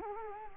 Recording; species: mosquito wingbeat signal from an infrared sensor; Culex quinquefasciatus